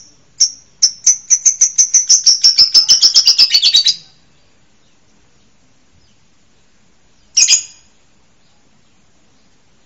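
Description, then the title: Bird song: a high trill that speeds up from spaced chips into a fast run for about three seconds, then silence and another sharp note or two. "LuckyBurung MasteranBest"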